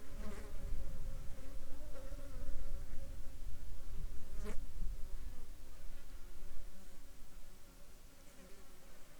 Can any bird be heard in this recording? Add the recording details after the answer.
no. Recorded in the Arctic National Wildlife Refuge, Alaska, on 10 July 2021 at 14:16. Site 41